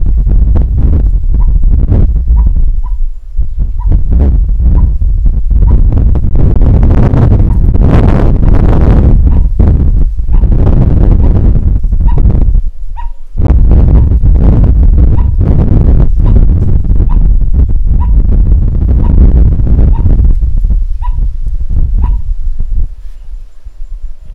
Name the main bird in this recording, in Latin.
Tricholaema lacrymosa